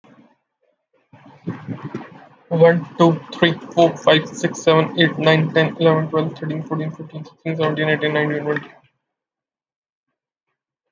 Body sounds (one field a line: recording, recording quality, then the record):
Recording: counting at a fast pace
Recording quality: excellent, no background noise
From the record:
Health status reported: COVID-19 positive, mild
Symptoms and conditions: cough, cold, breathing difficulty, fever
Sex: male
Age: 23 years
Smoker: not ticked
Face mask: not worn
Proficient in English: yes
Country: India